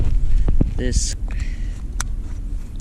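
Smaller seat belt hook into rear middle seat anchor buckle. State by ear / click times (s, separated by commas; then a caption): seated / 2.0 s. In a 2023 Subaru Outback Premium, the smaller metal hook of the two-hook rear middle seat belt is pushed into its buckle anchor while someone talks. A few faint ticks come first, then a sharp click at 2.0 s as the hook latches and seats in the anchor.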